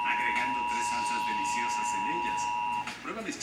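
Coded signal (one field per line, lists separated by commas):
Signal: Emergency Alert System (SAME) tones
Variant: 853 and 960 Hz attention tone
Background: speech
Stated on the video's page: 2023 National EAS Test as aired on Dallas–Fort Worth radio and TV stations.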